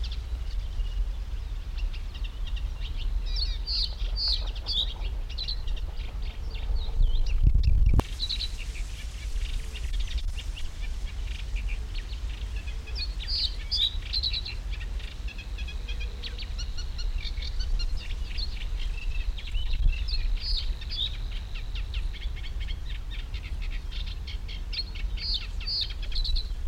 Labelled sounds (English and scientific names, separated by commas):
Eurasian Reed Warbler (Acrocephalus scirpaceus)